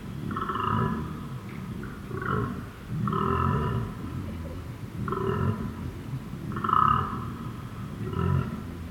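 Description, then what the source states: Koala bellowing with deep grunts and harsh, wheezy snorts in uneven bursts, with a louder, belching roar near the end. Recorded at night at Emu Creek, Benarkin, on 11 September 2018.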